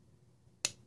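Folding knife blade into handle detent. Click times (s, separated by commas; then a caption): 0.6 s. The blade of a Divo Knives Nip folding knife, with titanium and purple Fat Carbon, is closed into its handle so the detent ball snaps it into the closed position. A single sharp, bright click sounds at 0.7 s against a quiet background. The blade seats firmly with a nice click and no detent lash or pivot lash.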